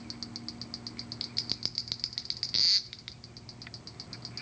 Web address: cantos junquero